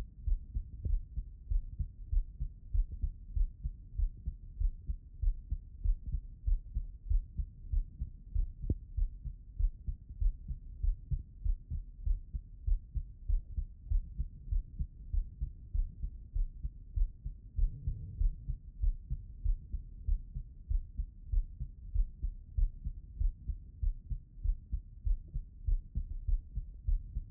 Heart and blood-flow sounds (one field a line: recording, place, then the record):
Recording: heart sounds by stethoscope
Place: pulmonary valve (PV)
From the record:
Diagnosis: non-HFrEF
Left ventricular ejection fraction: 67%